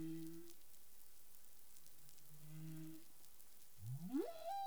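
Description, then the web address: Humpback whale song: low harmonic moans in two pitches, a short pause, then a single sharp upsweep ending in a steady higher tone. Caribbean, recorded 19 April 2021 at 08:14 UTC. "CARIMAM. humpback whale"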